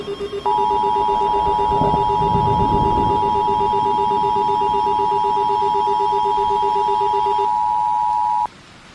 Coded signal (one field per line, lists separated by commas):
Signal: Emergency Alert System (SAME) tones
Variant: 853 and 960 Hz attention tone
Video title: EAS Mock: Tornado Trouble in Medford